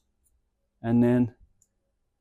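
Someone talks briefly as the floor of a custom single-axle 389 Peterbilt 1/64 scale truck model, started at the firewall, has its plastic tab pressed into the truck cab. A small, faint click is heard at 1.6 s as the tab clicks into place and the floor is seated.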